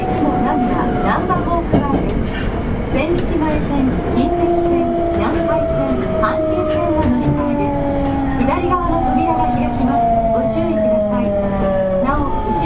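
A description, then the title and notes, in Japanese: A train runs steadily with a constant low rumble, while a long tone slowly slides downward from about four seconds on amid faint voices. 北大阪急行 8000系 動物園前から新大阪まで。北大阪急行電鉄の8000系電車の走行音です。大阪市営地下鉄御堂筋線内で収録しました。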